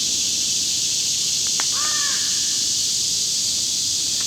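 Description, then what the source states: American crow giving a short harsh call, preceded by a couple of faint clicks, against a steady high hiss. Pair of American crows calling at 10:35 a.m., July 25, 2019, about 35-40 meters away near the top of a 25-meter pine across a road; clear skies, no wind, about 70 degrees.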